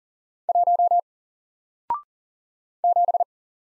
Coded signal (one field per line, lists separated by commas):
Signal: Morse code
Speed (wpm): 40 wpm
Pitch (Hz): 700 Hz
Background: none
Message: 1 7